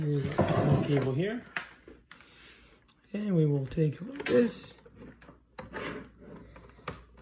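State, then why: Not seated. An ethernet cable's plastic RJ45 plug is handled near the LAN port on the back of an Epson TM-m30II receipt printer while someone talks. Brief, light handling taps and knocks are heard around 2.1, 5.6 and 6.9 seconds. The plug has not seated or clicked into the port yet.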